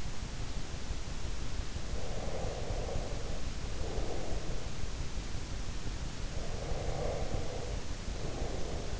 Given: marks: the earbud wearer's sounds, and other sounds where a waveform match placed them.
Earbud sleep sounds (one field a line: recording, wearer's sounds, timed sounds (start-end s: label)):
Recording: sounds in sleep by an in-ear microphone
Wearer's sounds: breath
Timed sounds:
1.89-4.84 s: breath
6.34-9.00 s: breath